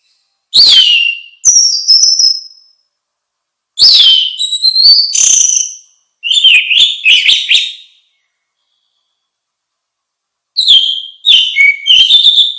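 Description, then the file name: Orange-headed thrush delivering a varied song of sharp descending whistles, high thin notes and chattering twitters in separate short phrases with pauses. "suara kicau burung anis merah luar biasa"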